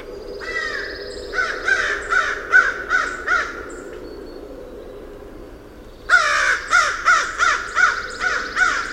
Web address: American Crow Sounds